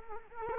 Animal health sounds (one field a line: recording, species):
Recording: mosquito wingbeat signal from an infrared sensor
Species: Culex quinquefasciatus